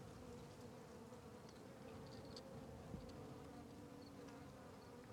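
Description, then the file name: Fly: flies produce a constant humming buzz, with a soft tap near three seconds and faint high chirps. Flies circling a tree on the Sertão Zen trail; natural ambience recording. "Ambiencia na Trilha do Sertao Zen com Moscas Circudando Arvore"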